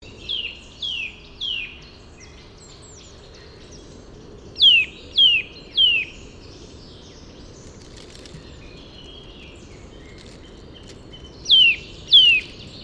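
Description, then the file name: Eurasian nuthatch giving sharp, downward-slurred calls in quick bursts of three, three and two, with pauses of several seconds between bursts, over a faint steady background hiss. "Sitta europaea"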